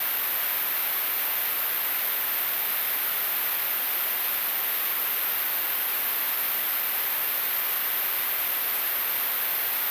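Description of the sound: A steady, unbroken hiss lasts the full ten seconds, weighted toward a very high, sharp pitch with no low rumble. It is a simulated tinnitus sound, the constant hissing or ringing heard without any outside source.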